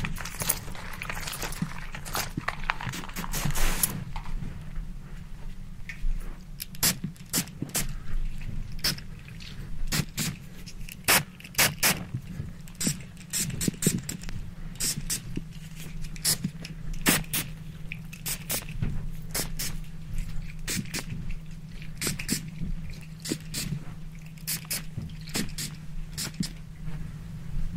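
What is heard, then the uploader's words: A spray bottle is pumped in quick bursts, each squirt a sharp hiss, firing rapidly and unevenly through the clip and densest in the first few seconds. A steady low hum runs underneath the whole time. Ultra Fast RAW Barbershop SPRAY Bottle Sounds.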